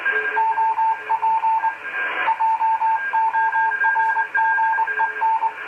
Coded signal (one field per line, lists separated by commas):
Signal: Morse code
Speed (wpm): 23 wpm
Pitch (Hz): 900 Hz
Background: radio noise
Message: OP JORGEN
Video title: Working QRP With An Old WW2 19 set